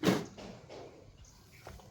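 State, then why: Not seated. A washing machine door lock in the machine's door is handled. A loud, broad rustling burst in the first quarter second gives way to softer scuffs around 0.4 and 0.75 s and a faint tap near 1.7 s. The lock has not engaged and nothing has clicked yet.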